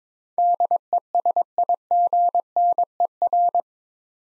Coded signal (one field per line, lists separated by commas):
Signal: Morse code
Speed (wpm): 21 wpm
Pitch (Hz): 700 Hz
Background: none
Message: DESIGNER